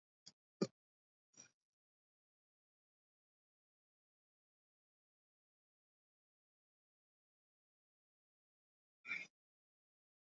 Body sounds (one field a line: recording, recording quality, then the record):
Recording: shallow breathing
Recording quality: poor, much background noise or distortion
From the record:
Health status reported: recovered from COVID-19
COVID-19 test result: negative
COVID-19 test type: RT-PCR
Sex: male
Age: 48 years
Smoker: no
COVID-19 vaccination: both doses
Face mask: not worn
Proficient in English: no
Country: India